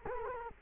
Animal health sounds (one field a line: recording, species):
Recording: mosquito wingbeat signal from an infrared sensor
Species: Culex quinquefasciatus